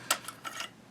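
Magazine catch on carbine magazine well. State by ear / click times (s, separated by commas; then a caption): released / 0.1 s. The center magazine catch on a Ruger PC Carbine's magazine well is pressed to release the magazine. A sharp click comes at 0.1 s, followed by a fainter tick at about 0.3 s and a brief light clatter around 0.5–0.6 s. The magazine is released.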